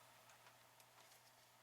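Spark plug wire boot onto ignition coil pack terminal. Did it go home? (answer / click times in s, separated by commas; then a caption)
no / none. A new spark plug wire boot is pushed onto the ignition coil pack tower for cylinder five on a 1995 GM Grand Prix with a 3100 V6, during an intake manifold gasket replacement. Faint soft ticks and handling rustle sit over a steady low hum. Nothing has seated or clicked yet.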